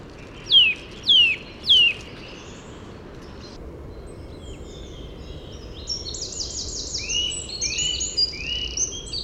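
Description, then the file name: Eurasian nuthatch with three quick, loud, downslurred whistles, then after a pause a high, rapid twittering series. "Sitta europaea"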